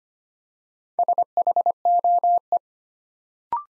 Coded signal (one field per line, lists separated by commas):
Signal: Morse code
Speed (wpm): 25 wpm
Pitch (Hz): 700 Hz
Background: none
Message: SHOE